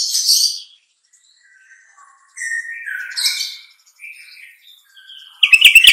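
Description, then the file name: Sooty-headed bulbul song: scattered brief chirps and short whistled phrases with pauses, closing on a burst of harsh clicking chatter. Song style termed trucukan. "suara kutilang trucukan"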